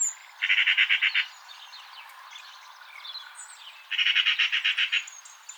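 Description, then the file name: Eurasian magpie giving two harsh, rattling chatter bursts of rapid notes. "Pica pica"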